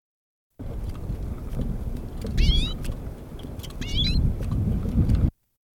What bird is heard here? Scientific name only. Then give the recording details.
Carduelis flammea. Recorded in captivity. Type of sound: call. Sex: male. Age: adult. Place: Insel Rügen, Mecklenburg-Vorpommern, DE. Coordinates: 54.352, 13.363. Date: 1977-12-31. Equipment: Nagra III BH, Sennheiser MD 21, parabola. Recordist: Schubert, Michael. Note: Birkenzeisig, anderes gekäfigtes adult Männchen (Carduelis f. cabaret, 73mm)